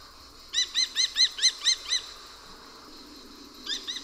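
Bird call series of seven evenly spaced, ringing notes, followed after a pause by a brief burst of two or three more.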